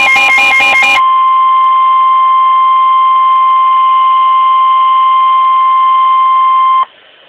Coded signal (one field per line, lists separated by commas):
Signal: Emergency Alert System (SAME) tones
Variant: 1050 Hz attention tone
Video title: (EAS 87) SVR